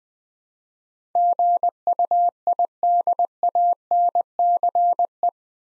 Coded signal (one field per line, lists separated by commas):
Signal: Morse code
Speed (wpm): 20 wpm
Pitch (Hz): 700 Hz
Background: none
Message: GUIDANCE